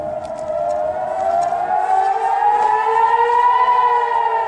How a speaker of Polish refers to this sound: A tak wyły syreny ostrzegawcze w ostrzeliwanych przez Hamas izraelskich miastach.